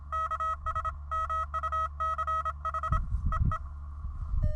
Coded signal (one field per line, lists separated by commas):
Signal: Morse code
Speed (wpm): 27 wpm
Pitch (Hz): 1280 Hz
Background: none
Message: KS MUCH EE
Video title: Bushwhack SOTA: It doesn't have to be fun to be fun